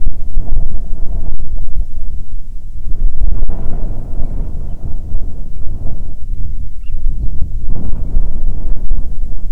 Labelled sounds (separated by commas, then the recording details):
bird, wind
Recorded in the Arctic National Wildlife Refuge, Alaska, on 9 July 2019 at 21:33
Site 48